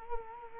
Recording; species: mosquito wingbeat signal from an infrared sensor; Culex quinquefasciatus